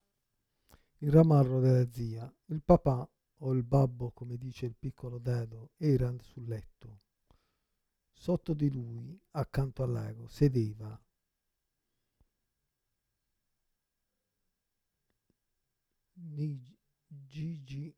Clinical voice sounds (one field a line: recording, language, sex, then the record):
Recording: read passage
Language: Italian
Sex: male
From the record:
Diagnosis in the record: Parkinson's disease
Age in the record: 56 years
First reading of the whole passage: 87 s, 6.0 characters per second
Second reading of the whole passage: 67 s, 7.8 characters per second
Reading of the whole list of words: 59 s, 4.8 characters per second